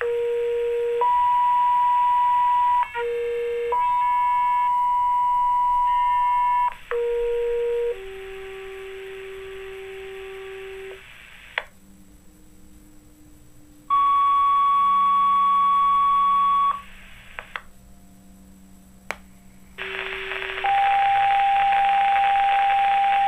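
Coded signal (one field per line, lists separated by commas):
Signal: two-tone page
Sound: several sequences of a short low tone then a long higher tone, through radio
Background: radio static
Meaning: Sequential tone pairs activate the pagers and sirens assigned to those codes, here as a test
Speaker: the Huntingdon County, Pennsylvania 911 Emergency Services Alerting System. This is only a test.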